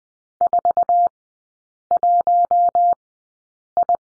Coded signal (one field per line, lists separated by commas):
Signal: Morse code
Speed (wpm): 20 wpm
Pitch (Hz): 700 Hz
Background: none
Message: 41I